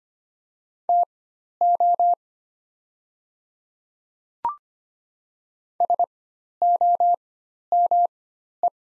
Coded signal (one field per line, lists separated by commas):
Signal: Morse code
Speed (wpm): 25 wpm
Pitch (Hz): 700 Hz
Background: none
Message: TO SOME